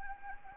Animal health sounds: mosquito wingbeat signal from an infrared sensor; Anopheles gambiae

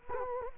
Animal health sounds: mosquito wingbeat signal from an infrared sensor; Culex quinquefasciatus

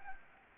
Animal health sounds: mosquito wingbeat signal from an infrared sensor; Anopheles gambiae

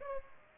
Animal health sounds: mosquito wingbeat signal from an infrared sensor; Aedes aegypti

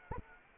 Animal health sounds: mosquito wingbeat signal from an infrared sensor; Anopheles arabiensis

